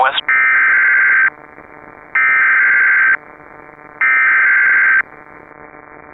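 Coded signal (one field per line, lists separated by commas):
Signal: Emergency Alert System (SAME) tones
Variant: header bursts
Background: speech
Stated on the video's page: Fictional EAS scenario.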